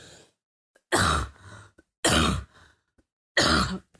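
Three deep, harsh, forceful coughs at irregular intervals, each with a softer trailing breath: a persistent chesty cough in an adult woman, a deep cough reaching down to the navel.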